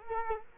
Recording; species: mosquito wingbeat signal from an infrared sensor; Culex quinquefasciatus